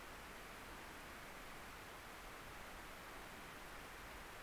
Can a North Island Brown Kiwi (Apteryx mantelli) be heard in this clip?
no